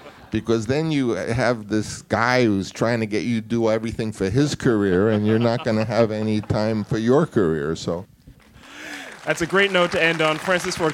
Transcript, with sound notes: Because then you have this guy who is trying to get you to do everything for his career and you're not going to have any time for your career. So...
(SOUNDBITE OF APPLAUSE)
That's a great note to end on.